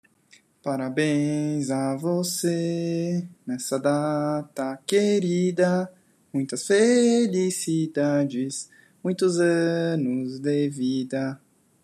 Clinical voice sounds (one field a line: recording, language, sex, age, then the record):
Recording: short text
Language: Brazilian Portuguese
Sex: male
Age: 30 to 39 years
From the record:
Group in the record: control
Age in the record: 34 years